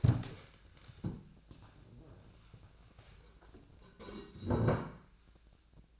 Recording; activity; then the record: daily activity, microphone in the room; stand up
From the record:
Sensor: 2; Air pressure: 1000.3 hPa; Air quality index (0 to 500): 163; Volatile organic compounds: 3 ppm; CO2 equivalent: 1357 ppm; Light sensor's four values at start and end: 8/19/8/8 and 9/18/8/9